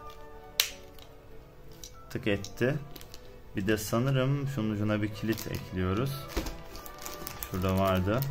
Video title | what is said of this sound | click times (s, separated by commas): Takara Tomy Beyblade Burst God Turnuva Seti Kutu Açılımı | yerleştiriyorsunuz dostlar tık | 0.6 s